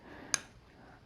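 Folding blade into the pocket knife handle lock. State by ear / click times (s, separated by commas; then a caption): seated / 0.3 s. A folding whittling blade on a MasterCarver Pocket Whittler II pocket knife locks open into the handle with a single sharp click at 0.3 s, bright and brief against quiet background noise. The blade is seated in its locked position with no wobble front or back.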